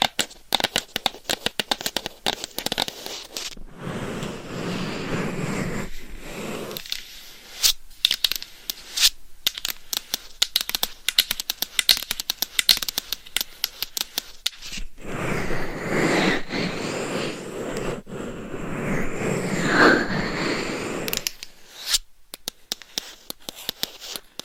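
Claws scratch and tap against a microphone, making dense, rough scraping broken by sharp clicks. The scratching comes in bursts, loudest from about 1 to 7 seconds and again from 15 to 21 seconds, with sparser taps and quieter gaps between.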